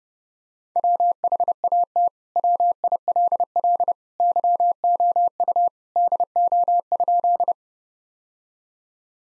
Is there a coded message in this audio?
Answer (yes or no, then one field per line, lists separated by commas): yes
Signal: Morse code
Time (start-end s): 0.8-7.5 s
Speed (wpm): 32 wpm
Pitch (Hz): 700 Hz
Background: none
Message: WHAT WILL YOU DO?